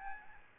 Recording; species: mosquito wingbeat signal from an infrared sensor; Aedes albopictus